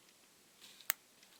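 A crimped metal contact pin for the Hall sensor plug of a Porsche 944 S2 / 968 / 928 S4 GT GTS is pushed into the plastic connector housing (standard AMP JPT type). After a faint rustle and a small tick at 0.8 s, a sharp, bright click at 0.9 s marks the pin locking in place, and it is seated.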